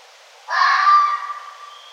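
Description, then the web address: Red fox screaming once, a loud rasping cry with a tonal core that fades gradually, over a quiet background. Recorded 1 November 2011. "sounds mammals Red Fox 2011 11 01 Red Fox"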